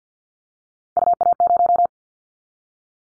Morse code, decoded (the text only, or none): UA0